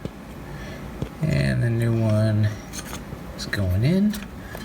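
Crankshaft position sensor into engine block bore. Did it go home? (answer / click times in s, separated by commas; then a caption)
no / none. A new crankshaft position sensor, its rubber o-ring oiled, is handled at its bore in the engine block of a 2013 Jeep JK 3.6L during replacement for code P0339. Someone talks over faint scraping and a few small ticks. Nothing has seated or clicked yet.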